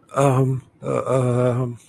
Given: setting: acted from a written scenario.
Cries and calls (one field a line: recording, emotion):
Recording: vocal sound without words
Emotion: embarrassment